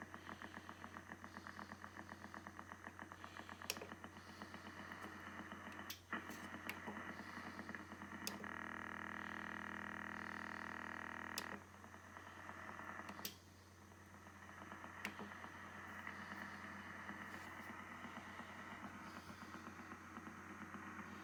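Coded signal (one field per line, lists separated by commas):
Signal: radar signal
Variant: Russian Woodpecker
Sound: harsh rapid tapping buzz, about ten pulses a second, briefly cleaner midway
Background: radio static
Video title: New Russian Woodpecker silenced by the Yaesu FTDX101-MP receiver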